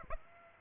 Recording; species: mosquito wingbeat signal from an infrared sensor; Aedes aegypti